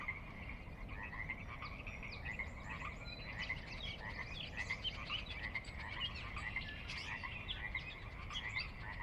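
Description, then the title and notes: Pacific chorus frogs croaking in a dense, unbroken chorus, individual calls popping out now and then above a low background hum. Chorus on the valley floor of Sinlahekin Valley, Sinlahekin Wildlife Area, Washington, a glacier-dug trench near the Cascades' northeastern slope; recorded at dusk; frogs described as ever-present. "Sinlahekin Valley dusk. the ever-present Pacific Chorus Frogs that are a fixture of the Northwest Soundscape"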